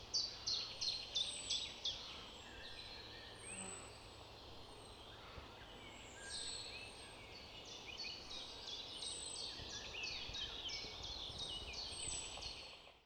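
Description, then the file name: Eurasian wren calling: rapid high, dry chattering notes repeated about three times a second, fading and blurring in the middle under a low rushing background noise. "Troglodytes troglodytes"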